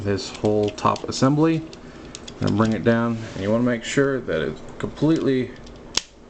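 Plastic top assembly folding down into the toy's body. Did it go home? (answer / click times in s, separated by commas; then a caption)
yes / 6.0 s. Someone talks while folding the whole top assembly of a plastic transforming robot toy down into its body. A single sharp click at 6.0 seconds marks it locking into place, fully seated.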